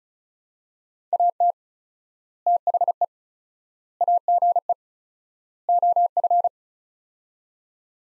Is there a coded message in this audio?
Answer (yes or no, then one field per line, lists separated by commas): yes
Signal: Morse code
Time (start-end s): 1.1-6.5 s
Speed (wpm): 36 wpm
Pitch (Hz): 700 Hz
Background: none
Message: AT THE AGE OF